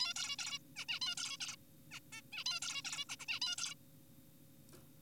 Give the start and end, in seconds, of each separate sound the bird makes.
0.00-0.14, 0.16-0.36, 0.39-0.59, 0.76-0.85, 0.89-0.99, 1.02-1.15, 1.17-1.37, 1.41-1.56, 1.91-2.00, 2.13-2.21, 2.33-2.44, 2.46-2.60, 2.62-2.82, 2.85-3.05, 3.09-3.16, 3.20-3.26, 3.29-3.39, 3.42-3.56, 3.58-3.75